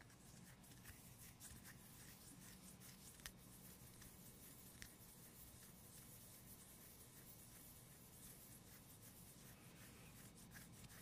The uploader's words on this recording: ASMR medium gentle tapping and scratching.